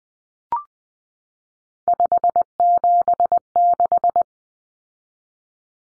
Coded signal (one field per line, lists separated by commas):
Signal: Morse code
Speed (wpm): 20 wpm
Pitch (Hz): 700 Hz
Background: none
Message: 576